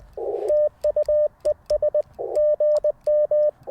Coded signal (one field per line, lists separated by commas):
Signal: Morse code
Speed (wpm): 20 wpm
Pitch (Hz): 600 Hz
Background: none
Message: TUES GM